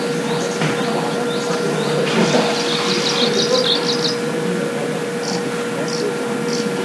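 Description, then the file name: Japanese leaf warbler song: a rapid, high, buzzy trill of repeated notes lasting about two seconds, with a few scattered short notes afterward, over a steady low electrical hum. "komeboso"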